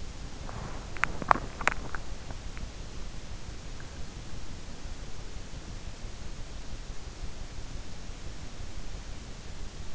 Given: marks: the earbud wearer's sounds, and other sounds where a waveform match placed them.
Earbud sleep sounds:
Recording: sounds in sleep by an in-ear microphone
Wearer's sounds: body movement, teeth grinding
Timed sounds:
0.00-2.13 s: body movement
1.06-2.50 s: teeth grinding

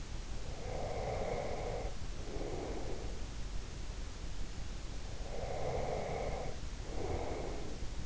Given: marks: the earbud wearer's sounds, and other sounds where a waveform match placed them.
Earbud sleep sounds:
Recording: sounds in sleep by an in-ear microphone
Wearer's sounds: breath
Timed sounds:
0.58-3.32 s: breath
5.26-8.06 s: breath

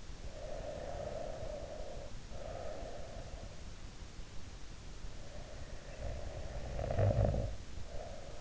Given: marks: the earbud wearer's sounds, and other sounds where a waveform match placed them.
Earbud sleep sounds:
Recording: sounds in sleep by an in-ear microphone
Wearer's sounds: breath, snoring breath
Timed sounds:
0.12-3.59 s: breath
4.87-8.41 s: snoring breath

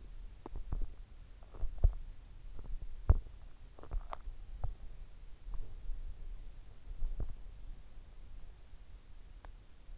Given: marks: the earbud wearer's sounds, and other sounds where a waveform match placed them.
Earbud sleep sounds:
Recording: sounds in sleep by an in-ear microphone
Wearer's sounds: body movement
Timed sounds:
0.00-7.41 s: body movement

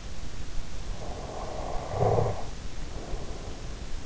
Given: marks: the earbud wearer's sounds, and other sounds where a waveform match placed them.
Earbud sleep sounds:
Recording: sounds in sleep by an in-ear microphone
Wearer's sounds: snoring breath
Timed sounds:
0.85-4.02 s: snoring breath

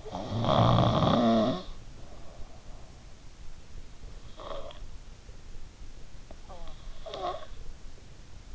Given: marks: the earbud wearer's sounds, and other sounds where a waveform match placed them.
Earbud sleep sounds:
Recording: sounds in sleep by an in-ear microphone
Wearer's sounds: snoring breath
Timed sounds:
0.00-2.97 s: snoring breath
4.30-4.70 s: snoring breath
6.35-7.47 s: snoring breath

